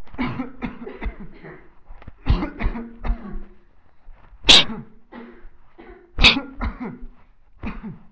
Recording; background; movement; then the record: voluntary coughing; a bystander coughing; walking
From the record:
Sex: male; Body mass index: 20.6 kg/m2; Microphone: on the chest, facing the body